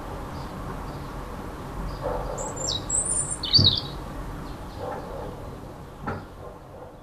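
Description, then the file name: European robin giving a short cluster of high, thin, twittering notes mid-way, otherwise quiet, with persistent low rumble and a few faint clicks. In a city on 28 February 2015; recorded with an MZ-N710 recorder. "Rouge-gorge dans la ville 28 02 15"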